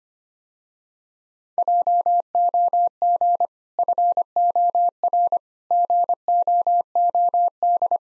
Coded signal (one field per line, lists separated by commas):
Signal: Morse code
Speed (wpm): 25 wpm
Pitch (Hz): 700 Hz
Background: none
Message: JOG FOR GOOD